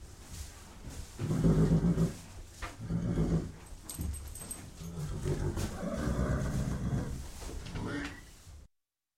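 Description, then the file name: Horse snorting and blowing in several low, breathy bursts, with dull knocks and shuffling between them. Horse, restless, in a stable. "Sound Ideas 2000 Series. Horse Restless In Stable"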